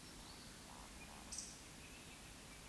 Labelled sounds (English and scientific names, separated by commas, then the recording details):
Eurasian Woodcock (Scolopax rusticola) whistle, Eurasian Woodcock (Scolopax rusticola) croak
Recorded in Baden-Württemberg, Germany, on 16 June 2021 at 20:01 UTC
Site 18672, 474 m above sea level